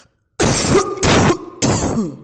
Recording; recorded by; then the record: voluntary cough; messaging app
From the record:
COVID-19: negative